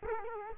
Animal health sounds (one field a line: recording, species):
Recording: mosquito wingbeat signal from an infrared sensor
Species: Culex quinquefasciatus